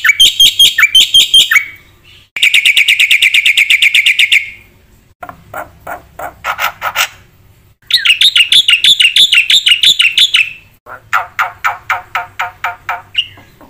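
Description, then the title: Black-winged myna song with rapid chattering bursts, a dense buzzy trill, harsher scratchy notes and abrupt gaps between phrases. Vigorous, fast-filled song of a white myna. "Burung Jalak Putih Gacor Full Isian Cepat"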